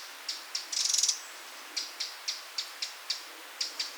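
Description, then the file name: Eurasian wren giving sharp ticks, a brief dry rattle early on, then more single sharp ticks. "Troglodytes troglodytes"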